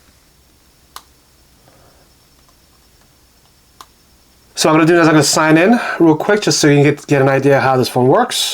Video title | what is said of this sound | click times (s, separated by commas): Google Pixel 8 Pro Unboxing and Impressions with Spigen Case Tough Armor Case | when you hear the kickstand when it goes into the case there's a little click to it | 1.0 s